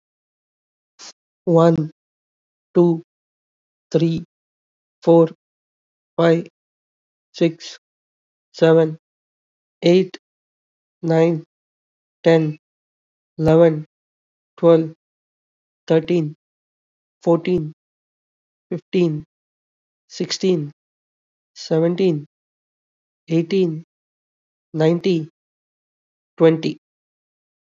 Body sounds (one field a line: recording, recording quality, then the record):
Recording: counting at a normal pace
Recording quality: excellent, no background noise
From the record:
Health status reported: COVID-19 positive, mild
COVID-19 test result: positive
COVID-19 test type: RT-PCR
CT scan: not taken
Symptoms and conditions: cough, cold, sore throat, muscle pain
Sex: male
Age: 28 years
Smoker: yes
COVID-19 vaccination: both doses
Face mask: worn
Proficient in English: yes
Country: India